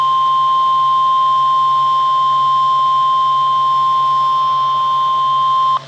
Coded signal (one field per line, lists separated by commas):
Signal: Emergency Alert System (SAME) tones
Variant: 1050 Hz attention tone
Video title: DOUBLE HEADER! - 2 River Flood Warnings for RI (EAS #483-#484)